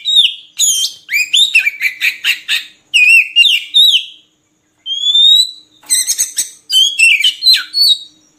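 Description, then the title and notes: Oriental magpie-robin delivering fast, varied whistled phrases, with a long clear rising whistle after a short silence and more chattering notes to close. Long-duration 'isian' (fill-in) song material of kacer, meant to get birds singing constantly ('gacor') by day and night. "Kacer Jadi Gacor Siang Malam. Isian Kacer Durasi Panjang"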